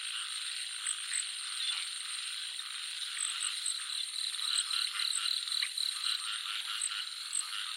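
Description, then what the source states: Frog calls, a fast run of short pulsed notes about four a second in the second half, over steady insect buzzing and high chirping. Jungle nature soundscape of frogs and crickets.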